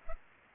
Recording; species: mosquito wingbeat signal from an infrared sensor; Culex pipiens